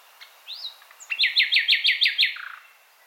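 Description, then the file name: Common nightingale song: a soft whistled note, then a loud phrase of several rapidly repeated sharp notes, ending in a lower fading note. "Luscinia megarhynchos"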